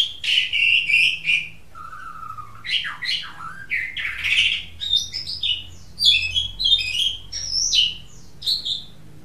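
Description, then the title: Oriental magpie-robin song, a rich run of varied whistles, slurred notes and harsh chirps, mostly high-pitched, with a faint low hum underneath. "Kicau Kacer"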